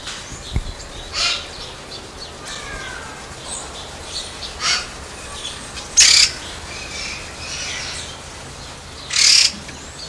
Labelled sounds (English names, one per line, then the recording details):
Red-tailed Laughingthrush call
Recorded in captivity
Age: adult
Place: Zoo Berlin, Berlin, DE
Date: 1999-07-28 16:58
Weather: fair, 24-26°C
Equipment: Sony WM-D6C, Sennheiser ME 80, Kopie Uher 4000 Report Monitor
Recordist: Tembrock, Günter